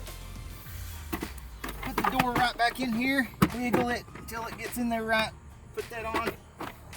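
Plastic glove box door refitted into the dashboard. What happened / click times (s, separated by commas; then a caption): The door is being fitted but has not clearly seated / none. After replacing the cabin air filter on a Toyota Prius, the plastic glove box door is refitted into the dashboard and wiggled into its mounts while someone talks. Faint handling noises are heard, with two brief knocks near the end, but nothing has seated or clicked into place yet.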